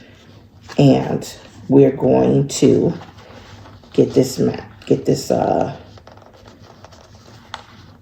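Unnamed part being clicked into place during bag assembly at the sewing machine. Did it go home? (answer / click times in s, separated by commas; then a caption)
yes / 7.5 s. An unnamed part is clicked into place on a sewing machine while a bucket bag body is put under it right side out. Someone talks, then soft handling sounds follow. A sharp click at 7.5 seconds marks the part seating.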